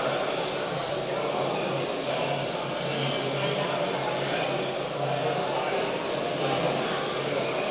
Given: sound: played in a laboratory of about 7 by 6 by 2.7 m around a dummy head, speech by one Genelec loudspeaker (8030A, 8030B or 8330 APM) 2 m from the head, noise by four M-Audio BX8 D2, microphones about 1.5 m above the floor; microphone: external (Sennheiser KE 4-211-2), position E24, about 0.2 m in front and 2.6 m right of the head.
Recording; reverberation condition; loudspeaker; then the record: cafeteria noise; high; four, about 170 cm from the corners of the room and facing them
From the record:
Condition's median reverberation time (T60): about 1300 ms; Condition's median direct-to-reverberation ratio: about -4.0 dB